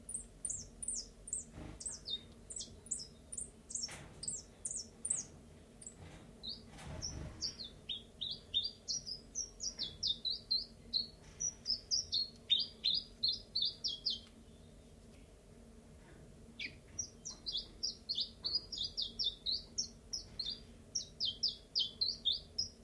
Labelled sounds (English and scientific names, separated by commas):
Common Chiffchaff (Phylloscopus collybita)